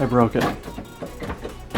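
Someone handles an unidentified fixture part in a cabin, working to click it into place while someone talks. Nothing has seated or clicked yet by the end of the clip.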